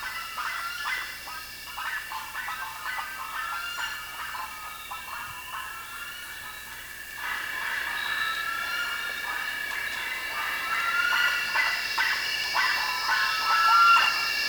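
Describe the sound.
Bird calls, many harsh, clipped notes overlapping continuously, growing louder toward the end.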